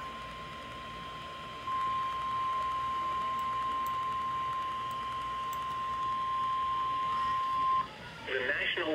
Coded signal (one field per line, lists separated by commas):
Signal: Emergency Alert System (SAME) tones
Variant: 1050 Hz attention tone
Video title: Severe Thunderstorm WARNING - EAS #166